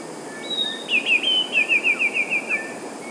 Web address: wroblowe teka 2 spiew. wroblowe teka modraszkoteka